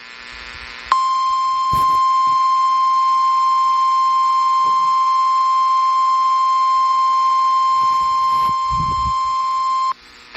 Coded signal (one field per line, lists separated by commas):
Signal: Emergency Alert System (SAME) tones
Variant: 1050 Hz attention tone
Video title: Eas Fwd FFW on KEC56 Eas#1805